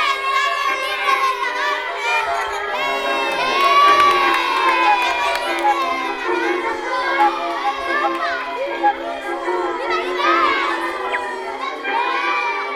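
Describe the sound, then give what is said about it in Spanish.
A crowd of townspeople cheers and shouts with joy as they welcome a returning prisoner, many excited high-pitched voices overlapping in a continuous, lively roar that stays loud and steady throughout. “El preso volvió al pueblo, donde todos sus habitantes le estaban esperando entre vítores y gritos de alegría.”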